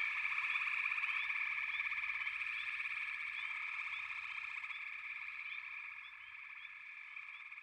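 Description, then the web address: Frog chorus, a thick band of pulsed trills with scattered upward chirps, gradually fading a little toward the end. "The Natural Sounds of the Wilderness 10 CDs collection Echoes of Nature - Frog Chorus"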